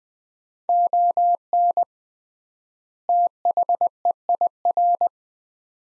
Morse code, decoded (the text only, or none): ON THEIR